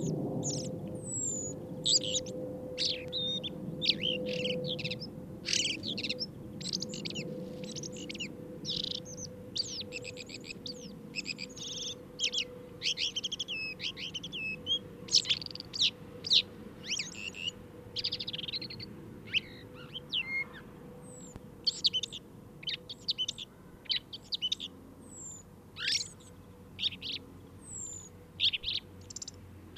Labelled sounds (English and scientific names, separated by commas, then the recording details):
Common Blackbird (Turdus merula)
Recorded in the wild
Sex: male
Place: Kaiserslautern, Rheinland-Pfalz, DE
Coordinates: 49.42, 7.75
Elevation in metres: 279
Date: 1976-03-26
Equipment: Nagra IV, Sennheiser MKH 405, Parabolreflektor
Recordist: Tretzel, Erwin